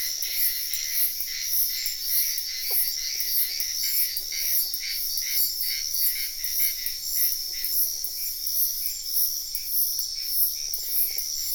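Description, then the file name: Insect chirping forms a continuous shrill, pulsing wash, joined by a brief sharp note early on and several soft, low croaking trills. Wetland at night in Sian Ka'an Biosphere Reserve, with frogs also in the recording. "felix blume nature ambience wetland night frogs insects bird heron type sian ka an biosphere reserve"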